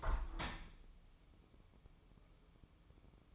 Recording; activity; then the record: daily activity, microphone in the room; open window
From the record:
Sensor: 1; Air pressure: 1015.0 hPa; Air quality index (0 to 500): 29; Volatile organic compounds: 1 ppm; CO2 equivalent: 526 ppm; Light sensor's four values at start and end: 10/25/10/11 and 10/25/10/11